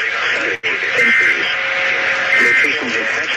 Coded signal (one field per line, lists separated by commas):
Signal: Emergency Alert System (SAME) tones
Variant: end-of-message bursts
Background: speech